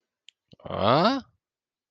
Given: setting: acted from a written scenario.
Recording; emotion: vocal sound without words; confusion